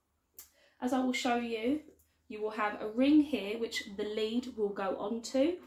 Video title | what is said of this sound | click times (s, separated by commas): Halti Head Collar - How to fit and use - GERMAN SHEPHERD | good boy and then the two clips behind the dog's ears will snap into place | 0.4 s